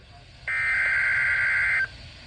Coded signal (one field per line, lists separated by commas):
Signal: Emergency Alert System (SAME) tones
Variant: header bursts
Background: speech